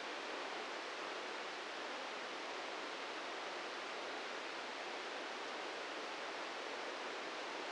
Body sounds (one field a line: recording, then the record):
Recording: brain microelectrode recording played as sound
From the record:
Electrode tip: inside the subthalamic nucleus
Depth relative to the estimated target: 1 mm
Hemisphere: right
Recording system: NeuroSet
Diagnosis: Parkinson's disease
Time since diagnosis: 13 years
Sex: male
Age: 63 years